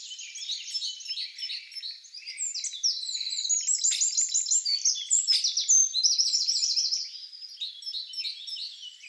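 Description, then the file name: Eurasian wren in full song: dense, very high, rapid notes and rattling trills pouring out continuously for about seven seconds, then quieter chatter. "Troglodytes troglodytes"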